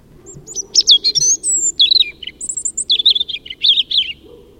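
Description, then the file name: European robin song: a rapid run of thin, high, varied whistles and liquid trills that tumble up and down in pitch, with a faint low hum underneath. "Erithacus rubecula"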